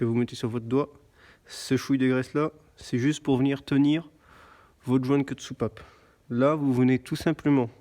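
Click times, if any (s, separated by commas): none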